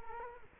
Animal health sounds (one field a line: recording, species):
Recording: mosquito wingbeat signal from an infrared sensor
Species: Culex quinquefasciatus